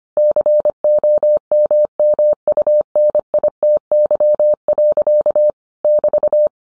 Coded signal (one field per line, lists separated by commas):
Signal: Morse code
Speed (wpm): 25 wpm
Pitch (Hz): 600 Hz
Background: none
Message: COMMUNITY. <BT>